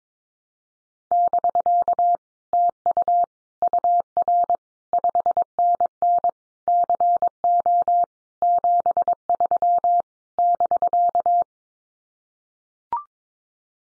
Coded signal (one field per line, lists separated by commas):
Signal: Morse code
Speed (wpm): 22 wpm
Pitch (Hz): 700 Hz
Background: none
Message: <BK> TU UR 5NN CO 73 <BK>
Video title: Common QSO Phrases Encore 22wpm